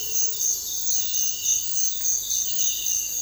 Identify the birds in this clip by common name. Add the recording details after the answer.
none. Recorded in dense forest near Puerto Asís, Putumayo, Colombia, on 21 February 2024 at 06:00. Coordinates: 0.484, -76.317. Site G6464